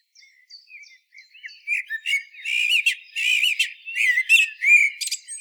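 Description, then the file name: Common blackbird song: faint scattered notes, then louder rich fluted warbling mixed with sharp, high squeaky clicks and chirps. "Turdus merula"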